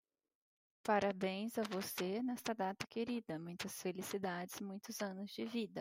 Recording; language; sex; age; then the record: short text; Brazilian Portuguese; female; 40 to 49 years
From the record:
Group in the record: control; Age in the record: 44 years